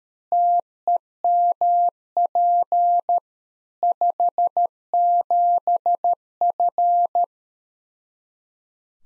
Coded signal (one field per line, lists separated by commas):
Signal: Morse code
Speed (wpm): 13 wpm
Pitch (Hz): 700 Hz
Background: none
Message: TEMP 57F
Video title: Practice QSO - Exchange 2- Info - 13wpm